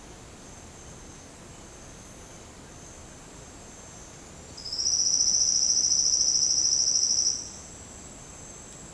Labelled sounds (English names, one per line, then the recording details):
none
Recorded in secondary vegetation near Puerto Asís, Putumayo, Colombia, on 13 March 2025 at 10:30
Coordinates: 0.485, -76.322
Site G040